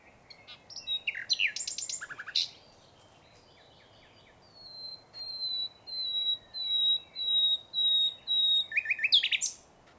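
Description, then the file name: Common nightingale song: rich varied phrases of rapid notes and sweeps, then a slow series of several pure whistled notes, then a final burst of rapid notes. "canto verso usignolo luscinia megarhynchos nightangale nachtigall"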